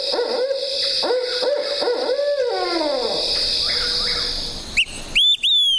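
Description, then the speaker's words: Barred Owl song: a run of rich, bending hoots ending in a long downward-sliding note, over a steady high hiss, with a few sharp high chirps near the end. Song remembered by the mnemonic "Who cooks for you? Who cooks for you all?". "For example, this barred owl has a song that seems to say, "Who cooks for you? Who cooks for you all?""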